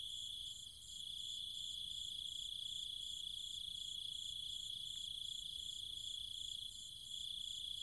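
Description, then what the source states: Cicadas in a dense night chorus: a steady high shrill drone with a faster pulsing buzz layered above it, running unbroken apart from brief dips in loudness. Nighttime chorus of cicadas and other insects in trees and fields, countryside, Chiang Mai, Thailand.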